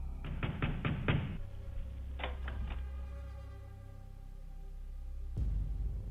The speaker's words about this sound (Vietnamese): Rồi đôi khi, cái thứ ma quỷ, nó gõ công cốc vào cánh cửa, cứ như muốn đánh động người ta vậy.